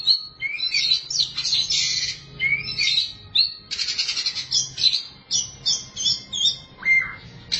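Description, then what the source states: Oriental magpie-robin song: dense warbling with buzzy trills and sweet whistles, a burst of rapid notes, and a lower downslurred whistle near the end. Song of the kacer.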